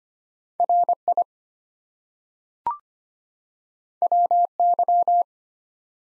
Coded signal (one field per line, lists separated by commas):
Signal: Morse code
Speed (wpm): 25 wpm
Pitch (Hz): 700 Hz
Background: none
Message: RI WY